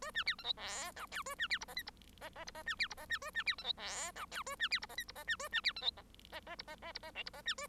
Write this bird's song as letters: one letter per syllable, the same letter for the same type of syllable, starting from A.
A B C D E F G H A B C I J K I J J I J B C I J B A B C D E F G H A B C I J K I J B A B C D E J J I J J I J L I J B A